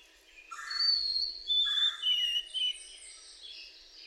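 White-throated sparrow song, a few long pure whistles each a little lower than the last, overlapped by other birds' chatter.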